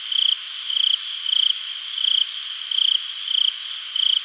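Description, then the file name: Crickets calling, brief trilled chirps at a regular quick pace layered on a constant high insect buzz. "Crickets - Hard"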